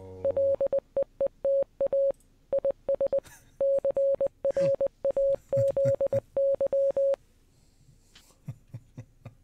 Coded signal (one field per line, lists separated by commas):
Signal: Morse code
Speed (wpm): 20 wpm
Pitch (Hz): 550 Hz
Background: none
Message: LEETA IS CRAZY